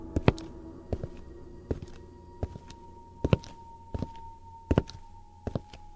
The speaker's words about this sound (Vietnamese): Còn đang miên man suy nghĩ thì bỗng nhiên lão nghe có tiếng bước chân lịch bịch phát ra từ bên ngoài, hình như đang hướng vào bên trong.